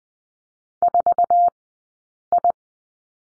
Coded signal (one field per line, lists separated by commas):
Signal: Morse code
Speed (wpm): 20 wpm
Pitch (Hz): 700 Hz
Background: none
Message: 4 I